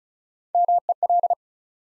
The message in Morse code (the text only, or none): MEL